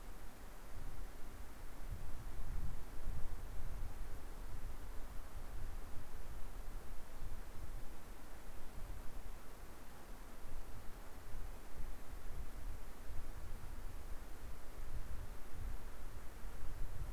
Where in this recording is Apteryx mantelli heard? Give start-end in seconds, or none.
none